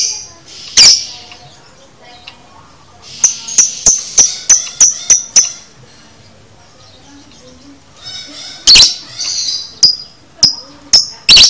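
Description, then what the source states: Lovebird chatter: a loud harsh burst, then a fast even series of sharp high chirps, followed by more buzzy bursts and chirps. Training recording (masteran) of a lovebird's konslet chatter, used to teach lovebirds to chatter.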